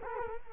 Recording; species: mosquito wingbeat signal from an infrared sensor; Culex quinquefasciatus